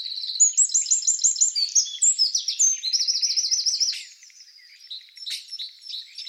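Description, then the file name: Eurasian wren song, rapid loud high trills and repeated notes for about four seconds, followed by fainter scratchy twitters. "Troglodytes troglodytes"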